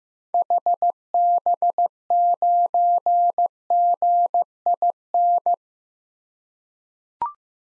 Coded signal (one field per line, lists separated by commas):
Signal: Morse code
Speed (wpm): 15 wpm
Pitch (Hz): 700 Hz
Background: none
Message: HB9GIN